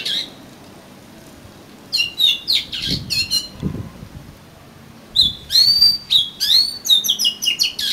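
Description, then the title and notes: Oriental magpie-robin song of fast sweeping whistles and chattery notes in two bursts, with soft low thumps in the background. "suara kacer. kumpulan suara burung kacer"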